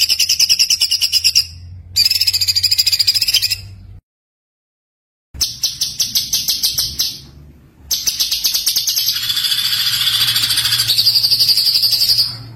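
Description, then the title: White-eye in bursts of high, rapid buzzy trills, the last one drawn out, separated by silent gaps. Gacor (continuous-singing) white-eye with full tembakan (rapid-fire) song, used as a masteran (tutor). "Masteran Burung Pleci Gacor Full Tembakan"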